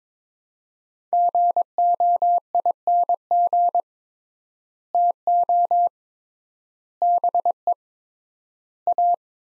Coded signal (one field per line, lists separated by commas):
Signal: Morse code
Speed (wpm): 22 wpm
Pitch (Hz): 700 Hz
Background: none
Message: GOING TO BE A